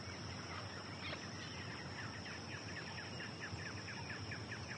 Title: LuckyPassaro Completos2Sama. Chotoy Spinetail (Schoeniophylax phryganophilus)